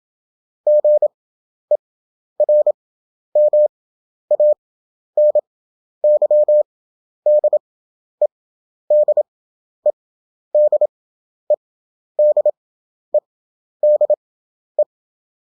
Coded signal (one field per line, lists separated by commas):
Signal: Morse code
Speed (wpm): 27 wpm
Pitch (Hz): 600 Hz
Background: none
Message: GERMANY DE DE DE DE DE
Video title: European Country abbreviation 27wpm/ 11 Effective (Morse Code) CW Practice.